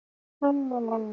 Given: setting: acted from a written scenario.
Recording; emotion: vocal sound without words; disappointment